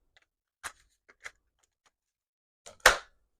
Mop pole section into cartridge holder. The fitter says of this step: Wait for the click.